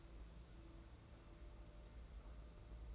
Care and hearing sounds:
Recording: daily activity, microphone in the room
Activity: take from stove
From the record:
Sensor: 3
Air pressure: 992.0 hPa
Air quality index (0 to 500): 228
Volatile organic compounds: 1000 ppm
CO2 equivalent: 7833 ppm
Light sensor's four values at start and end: 25/74/30/25 and 25/74/30/25

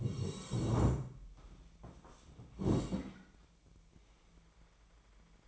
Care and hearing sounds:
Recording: daily activity, microphone in the room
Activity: sit down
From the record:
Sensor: 1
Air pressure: 1012.3 hPa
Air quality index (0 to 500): 172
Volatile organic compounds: 3 ppm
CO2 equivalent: 1407 ppm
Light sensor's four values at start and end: 41/111/45/55 and 42/113/46/56

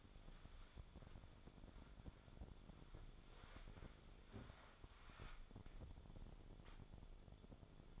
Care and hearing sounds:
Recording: daily activity, microphone in the room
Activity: wipe stove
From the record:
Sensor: 5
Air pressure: 1015.1 hPa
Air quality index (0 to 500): 190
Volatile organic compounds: 8 ppm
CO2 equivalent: 2056 ppm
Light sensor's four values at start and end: 36/85/35/37 and 36/85/34/36

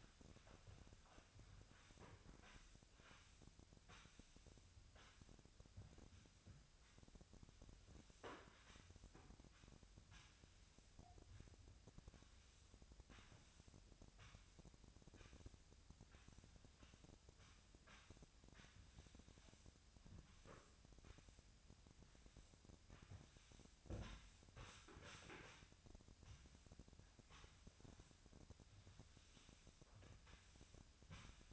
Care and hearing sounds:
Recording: daily activity, microphone in the room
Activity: sweep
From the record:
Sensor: 2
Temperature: 25.5 degrees Celsius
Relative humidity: 38.8%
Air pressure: 1006.8 hPa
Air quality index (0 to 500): 198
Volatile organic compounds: 13 ppm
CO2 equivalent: 2426 ppm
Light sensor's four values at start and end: 9/21/9/9 and 9/22/9/9

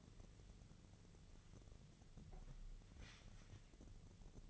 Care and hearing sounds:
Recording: daily activity, microphone in the room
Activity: wipe stove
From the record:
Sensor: 4

